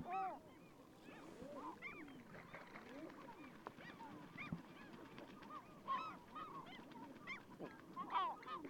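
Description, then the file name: Common eider cooing calls, many birds giving soft rising-and-falling crooning notes that overlap continuously. "Edredone"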